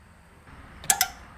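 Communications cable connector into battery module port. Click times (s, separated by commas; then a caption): 0.9 s, 1.0 s. A communications cable connector is pushed into its port on the side of an LG Prime 16H high-voltage battery module. After a faint low rustle, sharp plastic clicks ring out at 0.9 s and 1.0 s as the plug seats and locks in.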